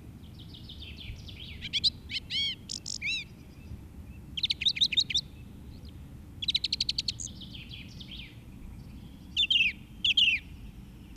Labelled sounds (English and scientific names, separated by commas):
Song Thrush (Turdus philomelos) song